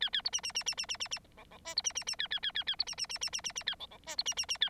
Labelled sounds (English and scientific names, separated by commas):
Bengalese Finch (Lonchura striata domestica) song